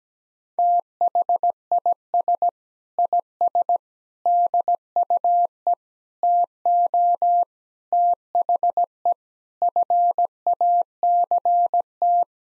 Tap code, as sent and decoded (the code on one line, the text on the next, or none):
none